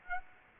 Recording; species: mosquito wingbeat signal from an infrared sensor; Aedes aegypti